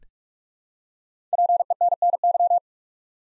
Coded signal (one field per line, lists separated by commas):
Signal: Morse code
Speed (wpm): 44 wpm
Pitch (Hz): 700 Hz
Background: none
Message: PENNY